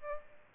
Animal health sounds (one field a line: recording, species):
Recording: mosquito wingbeat signal from an infrared sensor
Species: Aedes albopictus